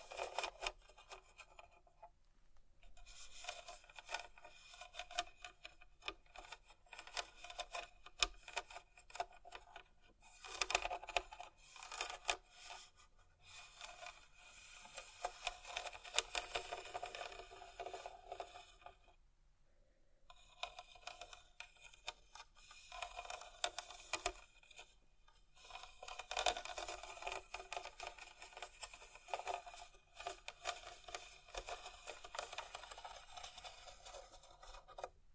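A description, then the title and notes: ASMR scratching in dense, dry rasping bursts, steady stretches broken by brief pauses near 3, 19 and 25 seconds, with faint low rumble beneath. ASMR Scratching.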